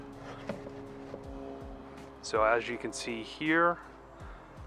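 A custom magnet-backed trim panel is positioned with one hand and drawn into place in the trunk trim of a BMW 340i, which is getting a stealth audiophile stereo upgrade; it is only almost in place and has not clicked in yet. A faint tap at about 0.5 s and soft handling sounds sit over a low steady hum with faint tonal lines, and someone talks from about 2.3 to 3.8 s.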